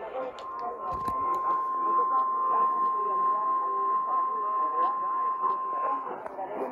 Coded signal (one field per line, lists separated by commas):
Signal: Emergency Alert System (SAME) tones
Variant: 1050 Hz attention tone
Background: speech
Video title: Tornado Warning (EAS #544)